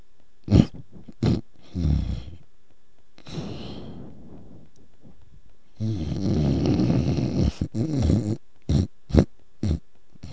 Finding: Snore.